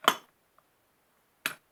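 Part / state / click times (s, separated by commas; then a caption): locking screw into vise jaw notch / seated / 1.5 s. After the metal locking screw of a precision vise is backed off and advanced again, because it sat crooked and missed the first notch, a sharp metallic clink sounds at 0.1 s and a faint tick at 0.6 s. A second sharp metallic click at 1.5 s marks the screw dropping into the vise jaw notch. The screw is seated and locked and will not go any further.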